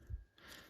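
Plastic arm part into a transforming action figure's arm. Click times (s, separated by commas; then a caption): 0.4 s. A plastic arm piece is pushed into its slot in the arm of a transforming action figure. A low thump comes near 0.1 s, and then a small click at 0.4 s as the arm part seats into place.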